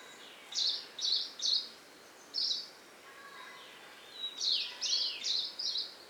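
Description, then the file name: Two-barred warbler song: short, high, buzzy phrases in quick bursts, a cluster of three, a single one, then a faster run of four near the end, over soft steady background hiss. "plumbeitarsus song"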